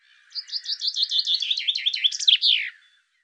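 Bird song phrase of rapid, repeated downward-sweeping notes, growing louder mid-phrase and closing with a brisk falling slur; no other sounds.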